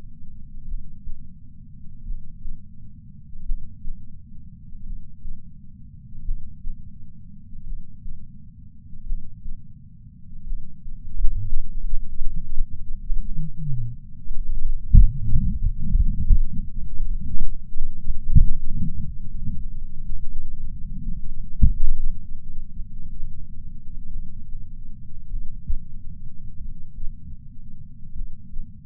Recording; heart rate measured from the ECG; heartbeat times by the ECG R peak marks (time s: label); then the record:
heart sounds by patch sensor on the chest; 44 bpm
0.65 s: heartbeat
2.03 s: heartbeat
3.43 s: heartbeat
4.83 s: heartbeat
6.22 s: heartbeat
7.64 s: heartbeat
9.04 s: heartbeat
10.44 s: heartbeat
11.85 s: heartbeat
13.22 s: heartbeat
14.61 s: heartbeat
15.99 s: heartbeat
17.38 s: heartbeat
18.70 s: heartbeat
20.03 s: heartbeat
21.36 s: heartbeat
22.73 s: heartbeat
24.08 s: heartbeat
25.27 s: heartbeat
26.57 s: heartbeat
28.13 s: heartbeat
From the record:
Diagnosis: coronary artery disease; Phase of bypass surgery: preoperative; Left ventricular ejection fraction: 64.4%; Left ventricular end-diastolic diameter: 51 mm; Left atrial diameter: 41 mm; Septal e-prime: 7.3 cm/s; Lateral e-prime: 10.3 cm/s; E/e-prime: 10.1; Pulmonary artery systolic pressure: 25 mmHg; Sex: male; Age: 59 years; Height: 168 cm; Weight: 81 kg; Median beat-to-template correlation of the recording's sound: 0.86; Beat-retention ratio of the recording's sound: 0.96